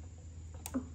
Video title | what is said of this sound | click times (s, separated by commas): How to Change the Primer Bulb on a Push Mower (Briggs and Stratton) | and there's the second snap | 0.7 s